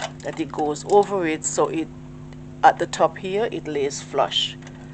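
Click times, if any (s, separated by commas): none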